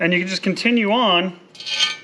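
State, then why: Not seated. A part is handled and pushed toward the O-ring of an intake manifold gasket while someone talks for the first 1.3 seconds. After the talk, a brief rubbing, scraping sound of the part against the gasket rises and fades. Nothing has seated or clicked yet.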